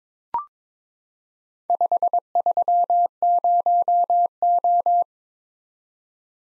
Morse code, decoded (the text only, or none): 530O